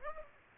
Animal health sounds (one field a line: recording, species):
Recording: mosquito wingbeat signal from an infrared sensor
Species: Aedes aegypti